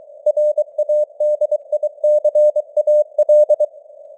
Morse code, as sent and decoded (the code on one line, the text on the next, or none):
.-. .- -.. .. -.-. .- .-..
RADICAL